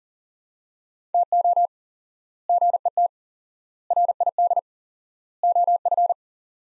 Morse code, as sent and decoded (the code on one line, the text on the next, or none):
- --- / --. . - / .-. .. -.. / --- ..-.
TO GET RID OF